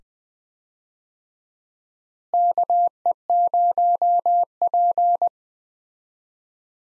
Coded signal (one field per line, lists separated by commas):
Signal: Morse code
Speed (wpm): 21 wpm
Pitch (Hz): 700 Hz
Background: none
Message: KE0P